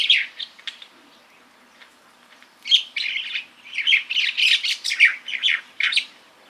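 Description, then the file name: Jungle myna calling: a few scattered chirps, a quiet gap, then a busy run of harsh, squeaky and whistled notes tumbling together in rapid succession. "Buraya majna Acridotheres fuscus"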